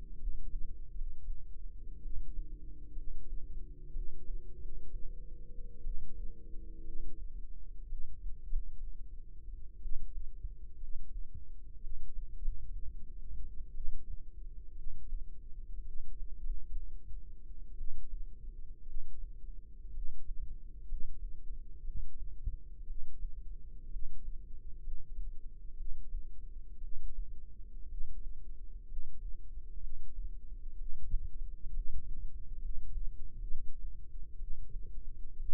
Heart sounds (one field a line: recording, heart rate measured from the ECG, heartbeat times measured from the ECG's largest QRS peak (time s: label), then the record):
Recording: heart sounds by microphone in the left ear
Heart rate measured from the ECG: 61 bpm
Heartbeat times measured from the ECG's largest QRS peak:
0.15 s: heartbeat
0.91 s: heartbeat
1.99 s: heartbeat
2.92 s: heartbeat
3.90 s: heartbeat
4.56 s: heartbeat
5.80 s: heartbeat
6.81 s: heartbeat
7.85 s: heartbeat
8.44 s: heartbeat
9.78 s: heartbeat
10.77 s: heartbeat
11.78 s: heartbeat
12.37 s: heartbeat
13.71 s: heartbeat
14.72 s: heartbeat
15.81 s: heartbeat
16.37 s: heartbeat
17.74 s: heartbeat
18.83 s: heartbeat
19.90 s: heartbeat
20.84 s: heartbeat
21.81 s: heartbeat
22.83 s: heartbeat
23.87 s: heartbeat
24.79 s: heartbeat
25.73 s: heartbeat
26.77 s: heartbeat
27.85 s: heartbeat
28.84 s: heartbeat
29.77 s: heartbeat
30.74 s: heartbeat
31.70 s: heartbeat
32.57 s: heartbeat
33.44 s: heartbeat
34.35 s: heartbeat
35.33 s: heartbeat
From the record:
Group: healthy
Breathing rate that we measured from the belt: 15 breaths a minute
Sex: female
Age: 22 years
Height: 171 cm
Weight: 65.6 kg